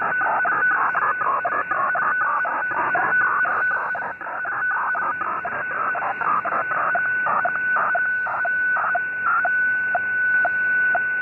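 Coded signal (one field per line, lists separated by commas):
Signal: weather fax (radiofax)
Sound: steady whistle tone with a short tick twice a second over hiss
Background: radio static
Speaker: that's the Boston weather facts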